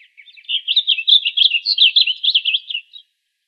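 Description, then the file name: Blue grosbeak song, a fast run of burry, slurred warbling phrases lasting over two seconds, preceded by a few soft short notes. Arizona, 22 June 2002. "BLGR 7 deviche"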